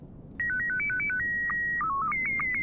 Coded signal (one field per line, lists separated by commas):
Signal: SSTV (slow-scan television)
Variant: Scottie 1